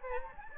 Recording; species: mosquito wingbeat signal from an infrared sensor; Anopheles gambiae